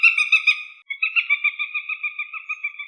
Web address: Accipiter gentilis